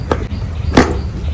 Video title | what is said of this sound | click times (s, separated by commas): नवीन गाडी निमित्त नवऱ्यासाठी घेतले काही गिफ्ट्स 🎁 | राईट हे लॉक झालं आता | 0.8 s